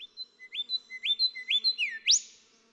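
Golden whistler song: a steady series of rising whistled notes, one downslurred note, then a bright explosive upsweep trailing off.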